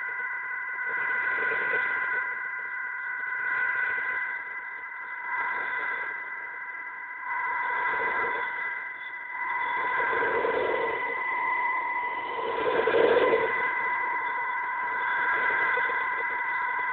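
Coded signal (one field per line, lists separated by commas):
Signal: fast PSK data mode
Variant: QPSK125 and BPSK125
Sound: two steady warbling data tones, low and high, under fading shortwave hiss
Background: shortwave static, fading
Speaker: let's increase the speed again qpsk 125 will be centered on 1,000 HZ and bpsk 125 on 2000 HZ each is 200 words per minute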